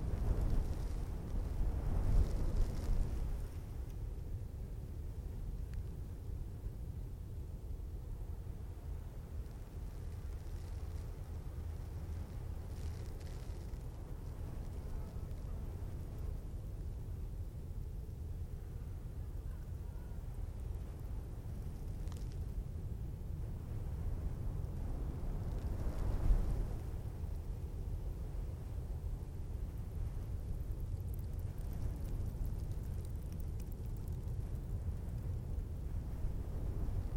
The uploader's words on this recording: Skeleton Coast - Sand Dune In Moderate Wind. Soft sand being blown over a hard crust of sand on a dune in the Namib desert.